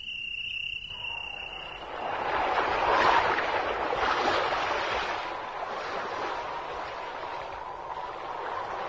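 Broad, rushing wash of sea waves rising and falling with steady wind noise aboard a ship sailing toward the coast of Tunisia, swelling louder in the middle, with a thin high insect-like whine at the very start.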